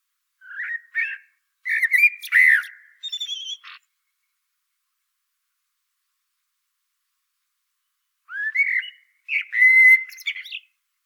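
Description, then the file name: Common blackbird song: two phrases separated by silence, each of fluty warbled notes with scratchy high twitters, the second holding a steady whistled note. "Turdus merula"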